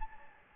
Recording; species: mosquito wingbeat signal from an infrared sensor; Anopheles gambiae